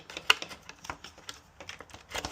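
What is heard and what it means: An A-Tech carbon fiber inner cowl panel, its barbs lubricated, is worked around into the front fairing area of a Kawasaki ZX-4RR motorcycle. It gives a sharp pop as it snaps partly into place at 0.3 s, among light plastic taps and rustles, with more ticks near the end. The panel is seated only partly and is not yet fully home.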